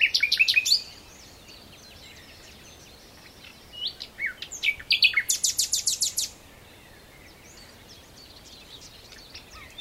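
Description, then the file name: Common nightingale song with a quick opening burst, a pause, then a loud, fast stuttering series of repeated notes, followed by soft scattered chirps. "Luscinia megarhynchos"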